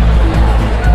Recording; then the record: background sound without coughing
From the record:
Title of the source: Party Noise 1 Hour Party Ambience